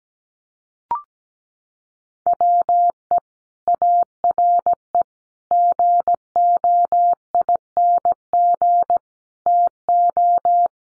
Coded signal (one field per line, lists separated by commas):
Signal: Morse code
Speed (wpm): 17 wpm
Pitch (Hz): 700 Hz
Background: none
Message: WE ARE GOING TO